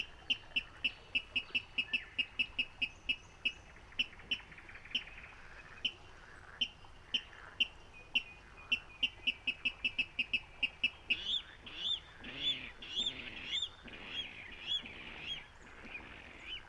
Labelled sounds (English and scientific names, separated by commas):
Water Rail (Rallus aquaticus)